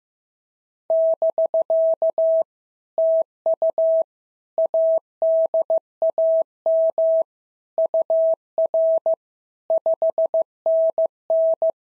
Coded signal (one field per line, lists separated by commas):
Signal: Morse code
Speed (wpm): 15 wpm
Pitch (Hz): 650 Hz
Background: none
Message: <BK> TU ADAM UR 5NN